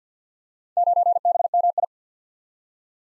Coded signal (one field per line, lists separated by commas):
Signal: Morse code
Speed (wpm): 52 wpm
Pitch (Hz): 700 Hz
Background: none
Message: 9BMI